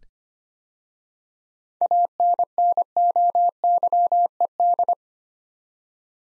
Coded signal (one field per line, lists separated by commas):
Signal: Morse code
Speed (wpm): 25 wpm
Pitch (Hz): 700 Hz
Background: none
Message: ANNOYED